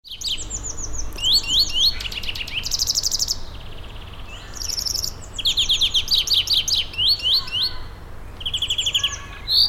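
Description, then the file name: European greenfinch producing dense chattering trills and buzzy rolling phrases, several fast series in succession, with a low constant rumble underneath. "Chloris chloris"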